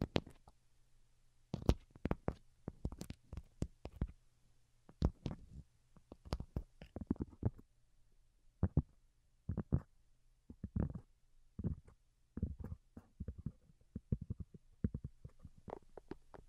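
Delicate tapping comes in quick, irregular clusters of soft, crisp clicks, with brief pauses between bursts throughout the seventeen seconds. A faint low hum runs steadily underneath from start to finish.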